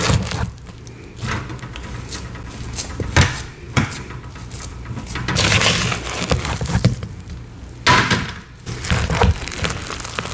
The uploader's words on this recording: ASMR gym chalk and cornstarch crushing, powder play, pouring, mixing, and reforming soothing sounds.